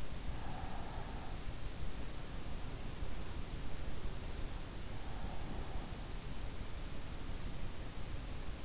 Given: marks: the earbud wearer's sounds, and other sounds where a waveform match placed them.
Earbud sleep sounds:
sounds in sleep by an in-ear microphone; breath
0.00-1.94 s: breath
4.74-6.11 s: breath

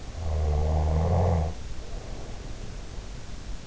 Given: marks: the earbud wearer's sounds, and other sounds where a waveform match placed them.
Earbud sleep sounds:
sounds in sleep by an in-ear microphone; snoring breath
0.17-3.01 s: snoring breath

